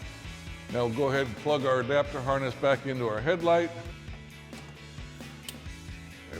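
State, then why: Seated. Someone talks over background music while an adapter harness connector for Diode Dynamics Elite Series Cool White combination fog lights is pushed back into the headlight's connector socket on a 2018-2023 Mustang. A sharp, short click is heard at 5.5 s as the connector seats.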